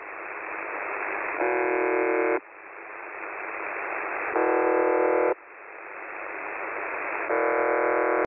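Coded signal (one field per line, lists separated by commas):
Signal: numbers station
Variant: UVB-76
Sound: hissy radio noise broken by three harsh one-second buzzes, evenly spaced, no voice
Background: radio static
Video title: The Buzzer/UVB-76 Voice Message (December 4, 2020 10:12 UTC)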